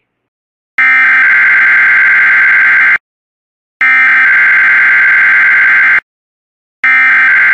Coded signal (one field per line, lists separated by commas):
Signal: Emergency Alert System (SAME) tones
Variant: header bursts